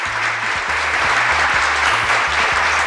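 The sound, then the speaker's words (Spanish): A crowd applauds steadily for about three seconds, the dense, even clapping filling the whole stretch, with a faint low rhythmic tone pulsing underneath. “Y tenemos que respetar el silencio, porque el silencio viene acompañado de aplausos.”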